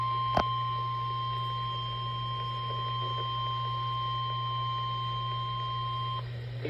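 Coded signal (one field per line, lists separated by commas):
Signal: Emergency Alert System (SAME) tones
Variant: 1050 Hz attention tone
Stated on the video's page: High wind warnings received on NOAA Weather Radio station KEC56.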